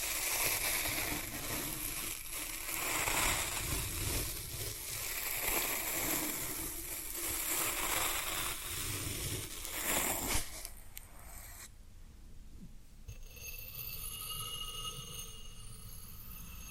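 Floral foam being crushed and squeezed, a dense, crackling crunch that runs steadily for about ten seconds with brief pulses. Around ten seconds the crunching stops abruptly, leaving quieter faint rustles and a thin high ringing tone for the rest.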